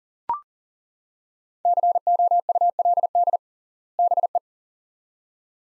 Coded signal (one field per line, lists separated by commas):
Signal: Morse code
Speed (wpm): 40 wpm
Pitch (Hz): 700 Hz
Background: none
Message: COULD BE